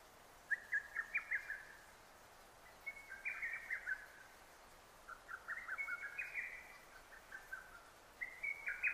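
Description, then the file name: Lesser cuckoo pouring out loud staccato phrases, each a fast run of piercing notes, repeated in quick succession. Recorded on 6 June 2009. "hototogisu 20090606"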